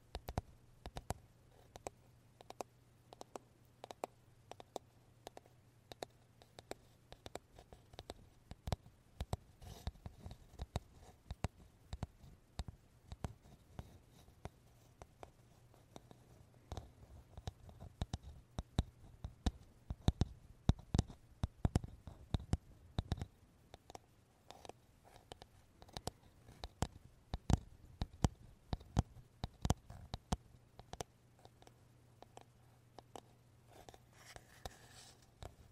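Quick, irregular taps and soft touches on a wooden brush, clustered densely mid-clip and sparser at the ends, over a steady low hum.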